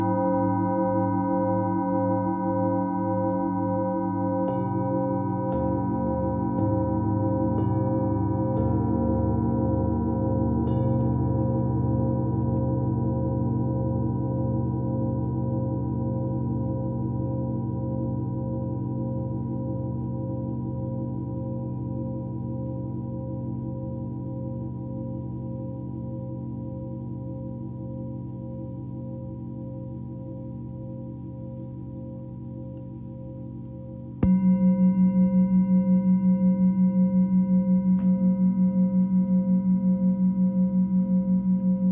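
Singing bowls ring in a long, layered drone of steady low and middle tones, with a wavering pulse in the sound. New strikes add soft layers around 5 to 11 seconds, the ringing slowly fades, then a fresh, louder strike at about 34 seconds renews the hum.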